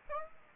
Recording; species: mosquito wingbeat signal from an infrared sensor; Aedes aegypti